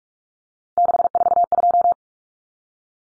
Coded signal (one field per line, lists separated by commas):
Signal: Morse code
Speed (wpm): 44 wpm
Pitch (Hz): 700 Hz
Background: none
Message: 642